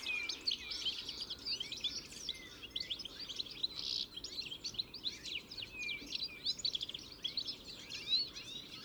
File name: Carduelis carduelis